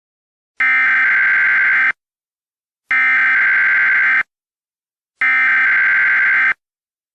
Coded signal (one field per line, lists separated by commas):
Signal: Emergency Alert System (SAME) tones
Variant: header bursts